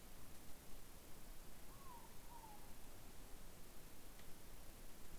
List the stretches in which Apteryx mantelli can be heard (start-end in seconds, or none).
none